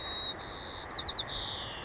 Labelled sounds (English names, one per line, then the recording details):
White-crowned Sparrow
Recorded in Sonoma County, California